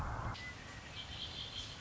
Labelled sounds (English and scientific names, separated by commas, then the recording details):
Red-winged Blackbird (Agelaius phoeniceus)
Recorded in Sonoma County, California